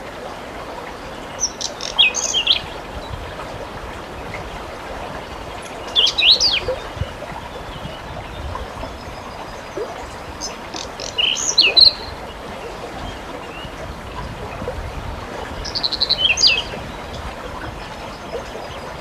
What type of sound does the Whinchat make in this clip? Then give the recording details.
song. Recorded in the wild. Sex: male. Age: adult. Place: Radenthein, Gegendtal, Kärnten, AT. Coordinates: 46.8, 13.7. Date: 1971-05-14. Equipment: Uher 4100 Report-V, Sennheiser MKH 804. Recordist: Brunner, Thomas